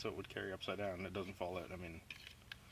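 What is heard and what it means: Someone talks while a fixed-blade knife and its molded Kydex plastic sheath are handled, with brief sharp handling sounds near 2.5 s and 2.7 s. The knife has not yet been pushed home, and nothing has seated or clicked yet.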